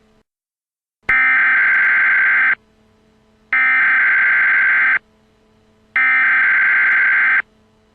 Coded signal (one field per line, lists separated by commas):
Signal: Emergency Alert System (SAME) tones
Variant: header bursts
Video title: EAS - Night of the Twisters